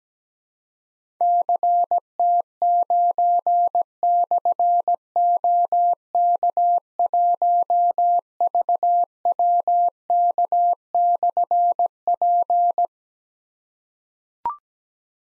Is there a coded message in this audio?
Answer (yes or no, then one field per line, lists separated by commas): yes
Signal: Morse code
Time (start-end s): 1.2-12.9 s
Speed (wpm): 17 wpm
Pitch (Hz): 700 Hz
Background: none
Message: CT9/OK1VWK/P